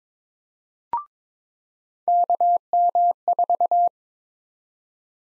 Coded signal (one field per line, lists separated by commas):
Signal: Morse code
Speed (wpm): 22 wpm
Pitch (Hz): 700 Hz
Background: none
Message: KM4